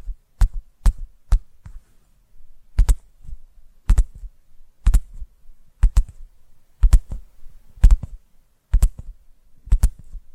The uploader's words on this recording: ASMR Tapping Through Your Brain Invisible + 3D Triggers (No Talking).